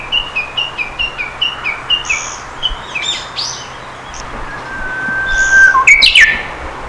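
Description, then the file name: Japanese bush warbler singing: a long level whistle ending in a sharp rapid flourish, preceded by a string of evenly repeated high chirps. Recorded in May 2004. "200405 uguisu"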